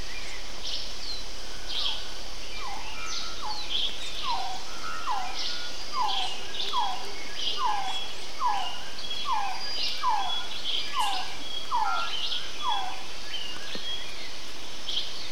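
Birds call through the wet jungle, one repeating a steady series of short downward notes about twice a second, over chirps and a constant hiss.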